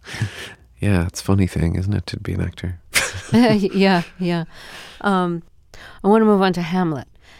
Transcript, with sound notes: Yeah. It's a funny thing - isn't it? - to be an actor (laughter).
Yeah, yeah. I want to move on to "Hamlet."